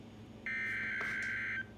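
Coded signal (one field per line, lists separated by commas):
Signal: Emergency Alert System (SAME) tones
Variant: header bursts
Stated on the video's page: Severe Thunderstorm Warning tones recorded from weather radio stations WXK97 and KEC83.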